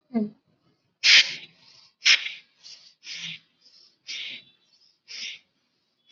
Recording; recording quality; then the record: shallow breathing; excellent, no background noise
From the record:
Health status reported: COVID-19 positive, no symptoms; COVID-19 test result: positive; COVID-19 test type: RT-PCR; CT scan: not taken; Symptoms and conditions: sore throat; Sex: male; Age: 18 years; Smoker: no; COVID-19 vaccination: one dose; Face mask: worn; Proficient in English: no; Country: India